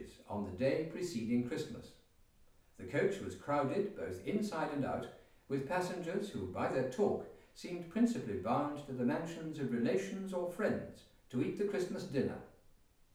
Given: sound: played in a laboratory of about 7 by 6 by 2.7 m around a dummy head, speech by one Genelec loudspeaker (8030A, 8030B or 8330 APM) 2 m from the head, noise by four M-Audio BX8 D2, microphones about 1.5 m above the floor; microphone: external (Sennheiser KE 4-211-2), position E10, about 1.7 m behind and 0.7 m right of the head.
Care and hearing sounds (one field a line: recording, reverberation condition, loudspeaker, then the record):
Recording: male speech in English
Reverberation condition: medium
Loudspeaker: 90 degrees to the left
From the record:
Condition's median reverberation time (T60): about 510 ms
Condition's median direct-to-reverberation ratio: about -0.5 dB